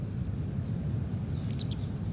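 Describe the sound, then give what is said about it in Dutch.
A few short, high-pitched white wagtail calls chirp quickly in a small cluster from birds moving in the reeds by a lake on a calm morning, faint over a steady low outdoor rumble of wind and background noise. “Ik denk dat dit die witte kwikstaarten zijn. Ik zie ze een beetje door het riet bewegen.”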